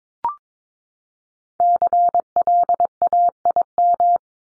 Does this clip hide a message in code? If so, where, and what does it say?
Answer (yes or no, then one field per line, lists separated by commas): yes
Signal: Morse code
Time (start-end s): 1.6-4.2 s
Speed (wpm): 22 wpm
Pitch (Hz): 700 Hz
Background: none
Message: CLAIM